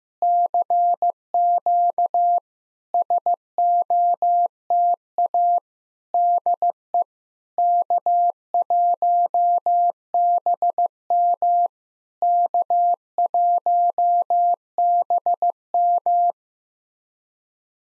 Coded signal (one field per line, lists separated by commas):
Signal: Morse code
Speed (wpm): 15 wpm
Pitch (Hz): 700 Hz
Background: none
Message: CQ SOTA DE K1BM K1BM